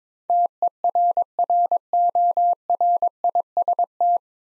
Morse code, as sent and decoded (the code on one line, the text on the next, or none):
- . .-. .-. --- .-. .. ... -
TERRORIST